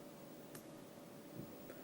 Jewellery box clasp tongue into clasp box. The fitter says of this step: yeah you've got to click into place